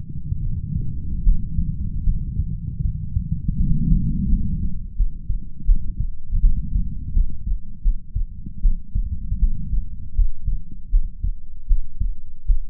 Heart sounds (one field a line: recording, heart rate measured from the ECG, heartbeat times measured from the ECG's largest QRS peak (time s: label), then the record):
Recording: heart sounds by stethoscope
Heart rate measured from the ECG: 80 bpm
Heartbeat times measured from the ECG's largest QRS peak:
0.38 s: heartbeat
1.22 s: heartbeat
2.03 s: heartbeat
2.81 s: heartbeat
3.56 s: heartbeat
4.27 s: heartbeat
4.94 s: heartbeat
5.64 s: heartbeat
6.39 s: heartbeat
7.11 s: heartbeat
7.81 s: heartbeat
8.60 s: heartbeat
9.38 s: heartbeat
10.13 s: heartbeat
10.89 s: heartbeat
11.66 s: heartbeat
12.44 s: heartbeat
From the record:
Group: healthy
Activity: rest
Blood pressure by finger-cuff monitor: 92/58 mmHg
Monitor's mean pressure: 71 mmHg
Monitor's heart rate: 80 bpm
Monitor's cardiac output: 6.2 L/min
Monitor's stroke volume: 81 mL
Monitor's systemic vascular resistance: 810 dyn s/cm5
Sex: female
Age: 26 years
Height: 165 cm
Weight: 55 kg